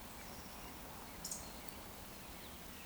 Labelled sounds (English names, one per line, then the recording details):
Eurasian Woodcock whistle
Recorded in Baden-Württemberg, Germany, on 14 June 2020 at 19:53 UTC
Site 14569, 102 m above sea level